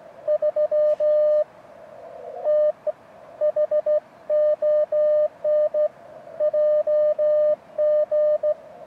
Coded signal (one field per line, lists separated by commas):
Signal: Morse code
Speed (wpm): 16 wpm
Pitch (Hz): 600 Hz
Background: none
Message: 3 T HON JG